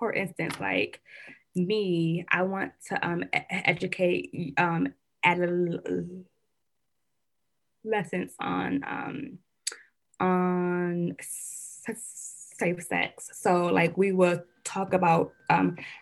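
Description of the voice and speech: An adult woman speaks quickly, her speech broken by long silent blocks mid-word, a drawn-out 'n' and 'um' fillers: stuttering, with blocks that come more often under stress.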